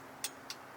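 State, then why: Torque reached. A torque wrench is used to tighten a wheel lug nut until it clicks at its set torque, meaning the nut is as tight as it needs to go. Two short, sharp clicks are heard at 0.2 s and 0.5 s over a steady low background hum.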